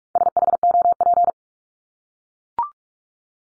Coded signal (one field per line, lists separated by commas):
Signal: Morse code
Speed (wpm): 44 wpm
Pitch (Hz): 700 Hz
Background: none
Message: SHOP